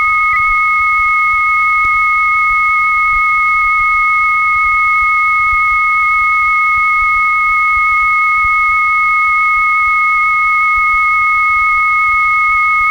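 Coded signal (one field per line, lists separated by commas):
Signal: 300-baud modem data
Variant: 300 baud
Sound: two continuous steady high tones sounding together, with a faint warble, for the whole clip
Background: low hum and tape hiss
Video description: Deux modems qui communiquent entre eux à 300bps pour transférer un fichier de 5ko.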